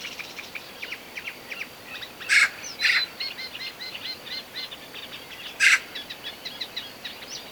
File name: Pica pica